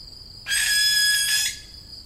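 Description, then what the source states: Barn owl youngster giving one loud, noisy hissing screech about a second long, starting abruptly and then stopping, over a high background drone. Young birds.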